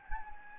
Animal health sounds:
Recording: mosquito wingbeat signal from an infrared sensor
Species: Anopheles gambiae

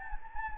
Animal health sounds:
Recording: mosquito wingbeat signal from an infrared sensor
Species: Anopheles gambiae

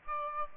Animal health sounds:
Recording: mosquito wingbeat signal from an infrared sensor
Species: Aedes aegypti

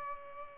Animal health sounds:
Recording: mosquito wingbeat signal from an infrared sensor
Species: Culex pipiens

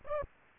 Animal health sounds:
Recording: mosquito wingbeat signal from an infrared sensor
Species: Aedes aegypti

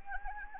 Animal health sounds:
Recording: mosquito wingbeat signal from an infrared sensor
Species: Anopheles arabiensis

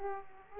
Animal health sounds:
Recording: mosquito wingbeat signal from an infrared sensor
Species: Aedes aegypti

